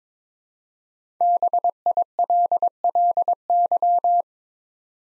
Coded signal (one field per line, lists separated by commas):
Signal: Morse code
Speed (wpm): 22 wpm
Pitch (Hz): 700 Hz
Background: none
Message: BILLY